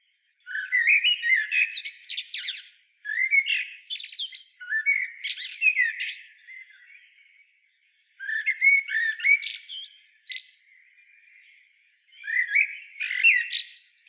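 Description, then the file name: Common blackbird repeating phrases of harsh chattering and thin high squeaks in several bursts separated by short pauses. "Turdus merula"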